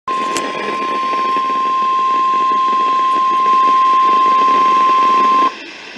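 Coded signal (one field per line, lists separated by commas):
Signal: Emergency Alert System (SAME) tones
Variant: 1050 Hz attention tone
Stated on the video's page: NOAA Weather Radio alerts.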